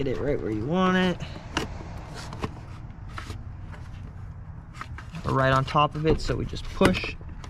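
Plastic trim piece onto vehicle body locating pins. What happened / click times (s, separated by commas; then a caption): The trim piece is being handled and positioned but has not yet clicked home / none. A plastic trim piece on a Jeep JL/Gladiator front end is lined up over two locating pins on the vehicle body and pushed on while someone talks. A few short knocks and taps of handling are heard. The piece has not seated or clicked into place yet.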